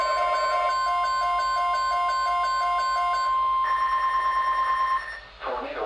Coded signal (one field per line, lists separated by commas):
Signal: Emergency Alert System (SAME) tones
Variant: 1050 Hz attention tone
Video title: Tornado Watch #6 | EAS #910